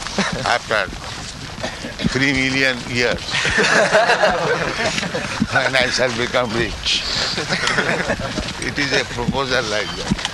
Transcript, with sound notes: after three million years [laughter] when I shall become rich." It is a proposal like that.